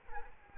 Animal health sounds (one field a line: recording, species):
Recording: mosquito wingbeat signal from an infrared sensor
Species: Culex quinquefasciatus